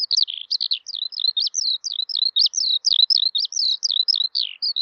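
Eurasian skylark song: quick, repetitive high chirrups and slurred notes delivered in a steady, breathless flow without breaks.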